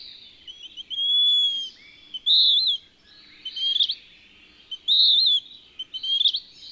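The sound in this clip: Western wood-pewee song: burry, buzzy downslurred phrases with short sharp notes between them, given at an uneven pace over a quiet background.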